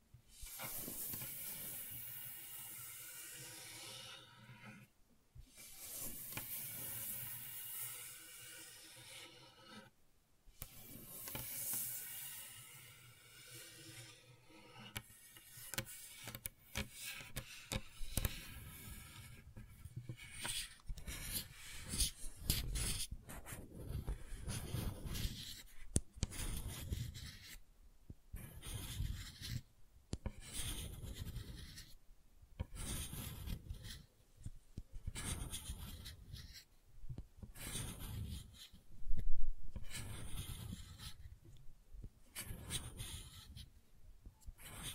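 Gentle scratching runs through the whole stretch, a soft papery rasp with a hiss on top. In the first half it comes in long strokes broken by brief pauses near 5 and 10 seconds; later it turns into quicker, choppier scrapes with frequent short gaps and one sharper spike near 39 seconds.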